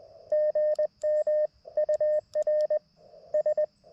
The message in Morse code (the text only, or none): GM UR S